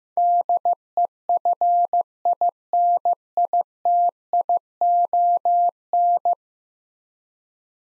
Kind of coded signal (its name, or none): Morse code